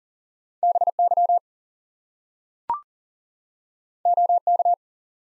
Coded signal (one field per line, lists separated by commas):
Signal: Morse code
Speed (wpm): 40 wpm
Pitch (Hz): 700 Hz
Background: none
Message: BY OK